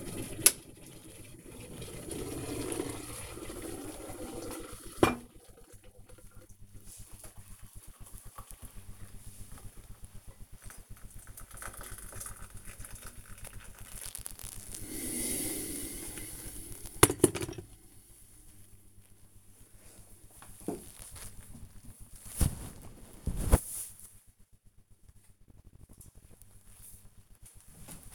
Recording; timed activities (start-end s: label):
household activities, microphone on the right wrist
0.00-16.98 s: making tea